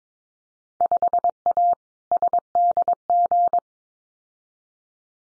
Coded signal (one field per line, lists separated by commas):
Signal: Morse code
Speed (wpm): 22 wpm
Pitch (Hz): 700 Hz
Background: none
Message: 5A SDG